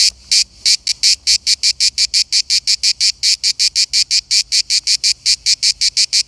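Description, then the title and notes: Cicada singing a harsh, pulsing buzz, with rapid rasping bursts running without a break. Cicada heard while on holiday in Verona. "Eine Zikade im Urlaub in Verona"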